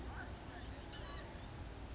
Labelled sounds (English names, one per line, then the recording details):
Blue-gray Gnatcatcher
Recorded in Sonoma County, California